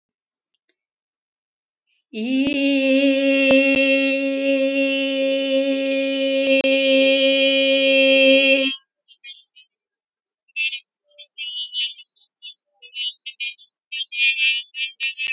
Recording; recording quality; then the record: sustained vowel as in beet; poor, much background noise or distortion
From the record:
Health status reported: healthy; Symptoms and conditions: diabetes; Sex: female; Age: 64 years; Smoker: not ticked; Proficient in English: yes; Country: India